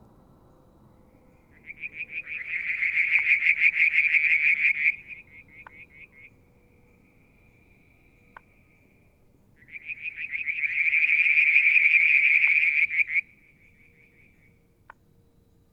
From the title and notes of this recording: Frog song, Mount Wilson, New South Wales, Australia in July 2022. Limnodynastes Peronii, Litoria Verreauxii and a mystery frog one evening near the water tank.